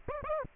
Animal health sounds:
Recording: mosquito wingbeat signal from an infrared sensor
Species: Aedes aegypti

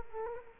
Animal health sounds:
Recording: mosquito wingbeat signal from an infrared sensor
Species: Culex quinquefasciatus

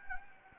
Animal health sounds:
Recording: mosquito wingbeat signal from an infrared sensor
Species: Anopheles gambiae

